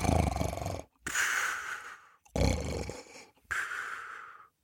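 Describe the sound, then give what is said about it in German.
A voice imitates snoring through two full breath cycles, each a loud, rattling low inhale followed by a long, airy blowing exhale, with brief silent pauses between. “Es dauerte nicht lange, so schlummerte er ein, blies und schnarchte.”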